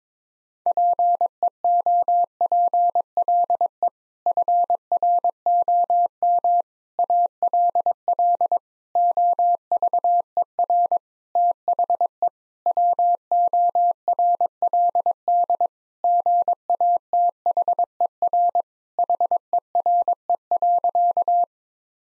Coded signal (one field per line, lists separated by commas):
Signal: Morse code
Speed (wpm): 22 wpm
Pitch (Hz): 700 Hz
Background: none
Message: PEOPLE FROM ALL OVER THE WORLD GATHER HERE.